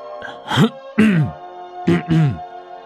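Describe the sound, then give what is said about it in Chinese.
Someone clears their throat in two pairs of short, voiced grunts with a falling pitch, fairly loud, with brief pauses between them. “清了清嗓子”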